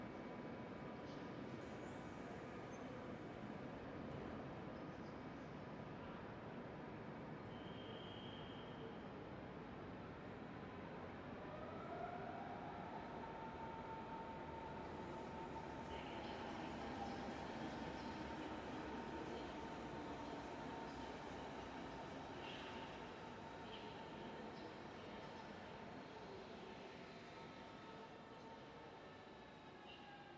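A steady, dense rumble of trains and station noise at Berlin Hauptbahnhof, low and constant for the whole half minute. A brief high tone rings out near eight seconds, and a faint rising whine sweeps up around twelve seconds, fading out after fifteen.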